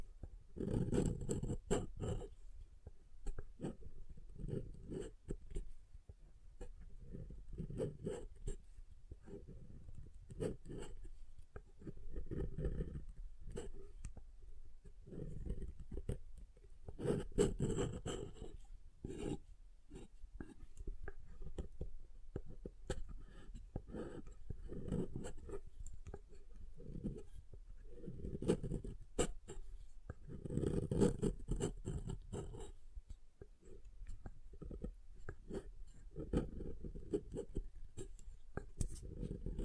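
Soft soap is tapped and carved in a steady run of dull, muffled knocks and scrapes, coming in short clusters every second or two for the whole stretch. Faint crisp clicks and scratchy flicks sit above the thudding, with no other sounds.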